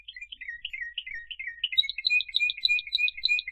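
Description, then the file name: Canary-type bird giving quick repeated chirps that run into an even, fast trill. "Canary Voice"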